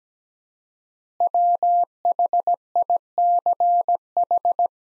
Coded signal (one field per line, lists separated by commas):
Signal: Morse code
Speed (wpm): 17 wpm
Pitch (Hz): 700 Hz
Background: none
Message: WHICH